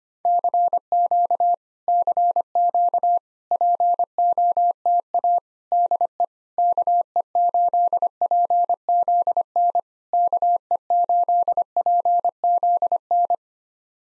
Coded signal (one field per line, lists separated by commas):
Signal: Morse code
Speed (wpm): 25 wpm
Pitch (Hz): 700 Hz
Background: none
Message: CQ CQ POTA DE KE8PZN KE8PZN